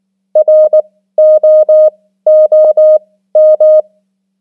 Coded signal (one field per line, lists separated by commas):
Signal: Morse code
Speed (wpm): 19 wpm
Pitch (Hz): 620 Hz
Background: music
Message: ROOM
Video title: 500 most common English words in Morse Code @18wpm